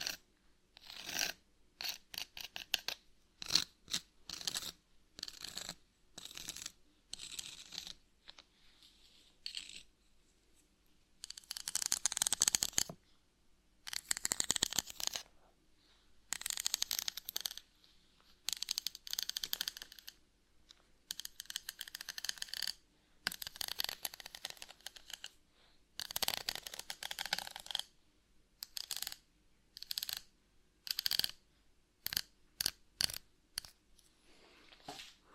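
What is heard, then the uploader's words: Scratching comes in rough, raspy strokes, each lasting about a second, with short pauses between them. The strokes are hissy and bright, louder and more clustered from around 12 to 28 seconds, with a quieter, sparser run of short scrapes before. ASMR Brain Melting Scratching (No Talking).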